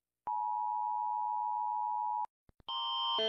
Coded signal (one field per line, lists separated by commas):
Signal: Emergency Alert System (SAME) tones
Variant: 853 and 960 Hz attention tone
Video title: Rating EAS alarms (By how much they scare me)